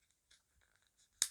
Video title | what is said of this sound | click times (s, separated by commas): FX Bottle pup 1 of 2 Unboxing, thoughts and zeroing Pard008LRF | click and it goes anti-clockwise or clockwise so two clicks the face plate comes off | 0.3 s, 1.2 s